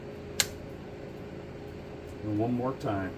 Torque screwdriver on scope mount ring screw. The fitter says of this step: Hear it click again.